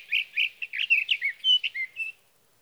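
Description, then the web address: Sage thrasher song opening with two repeated rich notes, then a quick sequence of varied whistled slurs and warbles. "birdsongforthecurious Sage Thrasher"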